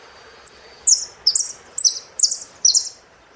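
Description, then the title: Saffron finch giving one high chip and then five bright, buzzy, descending phrases spaced evenly, roughly every half second. "Jilguero Argentino"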